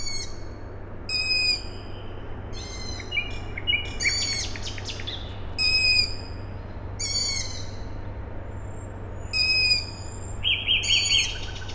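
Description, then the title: Owl chicks repeating rasping, squeaky calls, a nightingale trilling and whistling between them over a constant low mechanical drone. Owl chicks calling at night, Tuesday 21 May 2019, Siemianowice Śląskie, Poland; industrial plant audible in background; nightingale also present; recorded with Zoom H5 and Audio-Technica BP4025. "Siemianowice Śląskie, Polska - Owl chicks"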